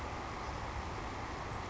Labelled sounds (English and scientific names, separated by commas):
Savannah Sparrow (Passerculus sandwichensis)